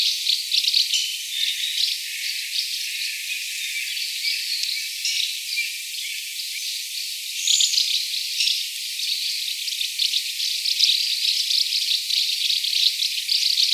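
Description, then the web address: Asian house martin calls: dense, rattling twitters and buzzy chirrups in quick overlapping bursts throughout, with a brief clearer note midway; no low sounds. Recorded 24 March 2017. "birdenaga iwatubame"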